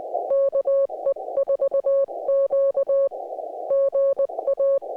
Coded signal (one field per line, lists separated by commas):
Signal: Morse code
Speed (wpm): 20 wpm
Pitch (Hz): 560 Hz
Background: music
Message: KE4Q GA